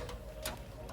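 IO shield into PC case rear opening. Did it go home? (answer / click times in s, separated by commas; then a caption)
no / none. A metal IO shield is handled and pressed toward the rear opening of a PC case, with faint ticks and one sharper broadband tap at about 0.5 s over a low steady background. Nothing has seated or clicked yet; the shield is not yet home.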